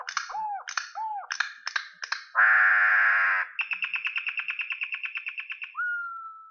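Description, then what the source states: Campo troupial song of looping whistled notes, a loud harsh buzz, a long run of quick repeated notes and a final level whistle. Song in the "canto mateiro" style, presented as the corrupião's song.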